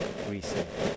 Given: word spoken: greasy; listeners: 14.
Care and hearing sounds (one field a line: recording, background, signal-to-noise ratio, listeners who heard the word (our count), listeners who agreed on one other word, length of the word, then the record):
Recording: one English word in noise, from a listening test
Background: noise modulated by three-talker babble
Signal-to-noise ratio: -4.1 dB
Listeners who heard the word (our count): 2 of 14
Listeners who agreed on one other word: 8 of 14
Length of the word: 0.56 s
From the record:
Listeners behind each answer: 8, 3, 2, 1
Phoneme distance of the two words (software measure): 24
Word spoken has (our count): 2 syllables, 5 phonemes, stress on syllable 1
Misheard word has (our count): 2 syllables, 5 phonemes, stress on syllable 1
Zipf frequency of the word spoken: 3.46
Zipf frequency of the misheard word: 4.76